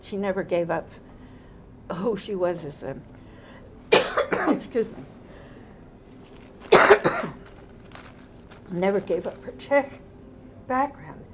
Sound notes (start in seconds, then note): 3.9 coughs; 6.6 coughs